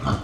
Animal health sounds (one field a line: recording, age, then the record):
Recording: pig call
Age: growing-finishing pig (85 days or more)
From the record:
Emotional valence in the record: positive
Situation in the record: run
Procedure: transit